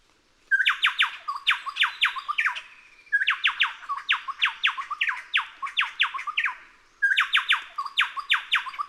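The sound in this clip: Chowchilla song: loud bursts of steeply falling, ringing notes, several per phrase, with short pauses between phrases.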